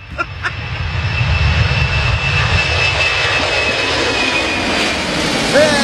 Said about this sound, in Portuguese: Outro avião. Não. Outro avião.